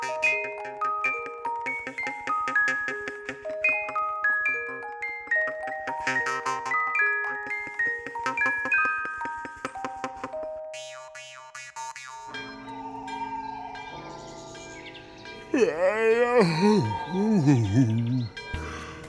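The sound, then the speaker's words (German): The carillon bells of St. Kathrin church chime the hour at six in the evening, playing a slow, stepping melody of bright, ringing tones for about ten seconds, then give way to a busier jumble of sounds with sliding, warbling pitches. “Aber das ist doch das Glockenspiel von St. Kathrin.”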